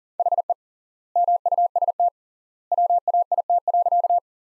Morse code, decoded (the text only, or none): HE MUST WAIT.